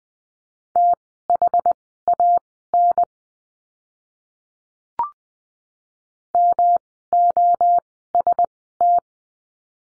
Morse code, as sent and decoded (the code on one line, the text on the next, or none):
- .... .- -. / -- --- ... -
THAN MOST